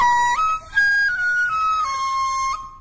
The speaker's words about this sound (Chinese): 笛子